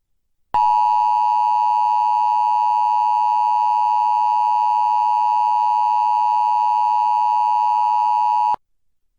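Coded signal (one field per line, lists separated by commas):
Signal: Emergency Alert System (SAME) tones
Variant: 853 and 960 Hz attention tone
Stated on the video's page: Required monthly test relayed by a Portland TV station, recorded with a USB tuner from an HD TV antenna.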